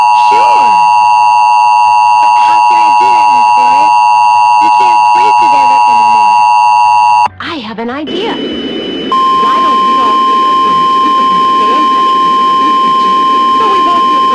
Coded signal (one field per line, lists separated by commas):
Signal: Emergency Alert System (SAME) tones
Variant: 853 and 960 Hz attention tone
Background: speech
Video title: EAS Scenario (my first one!) PUMPKINS! (13+)￼